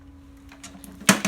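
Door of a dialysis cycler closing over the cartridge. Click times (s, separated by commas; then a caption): 1.1 s. The door of a dialysis cycler is closed over the loaded cartridge and pushed down until it latches shut. A few faint taps and rustles lead up to one sharp, loud click at 1.1 seconds, followed by a softer knock at about 1.3 seconds. The door is seated and latched.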